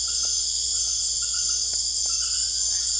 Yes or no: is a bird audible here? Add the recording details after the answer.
no. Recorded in secondary vegetation near Puerto Asís, Putumayo, Colombia, on 21 December 2024 at 19:30. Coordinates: 0.488, -76.319. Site GP04